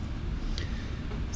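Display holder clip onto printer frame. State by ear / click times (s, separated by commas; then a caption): seated / 0.6 s. A display holder clip is pushed on with a thumb until it locks over the frame of a Gigabot 3.0 printer. Over a steady low background hum, a single short, sharp click sounds at 0.6 s as the clip seats.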